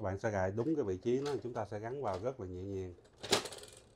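Someone talks while refitting the plastic door cover of an HP LaserJet P1102 laser printer, being repaired for continuous paper pulling and paper jams, lining it up in the correct position and pushing it carefully into the printer body. A sharp plastic snap is heard at 3.3 s as the cover seats fully in place.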